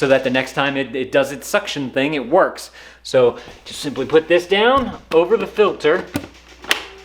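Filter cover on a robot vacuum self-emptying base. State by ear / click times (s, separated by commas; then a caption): seated / 6.7 s. A filter cover on a Shark robot vacuum's self-emptying base is brought back over the filter and pressed down while someone talks. It snaps shut with a sharp click at 6.7 s, giving a good seal.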